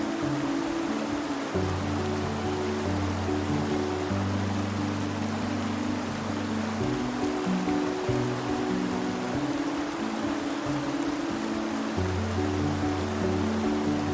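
A waterfall stream rushes in a steady, dense hiss while soft, low sustained music tones shift chords every few seconds beneath it.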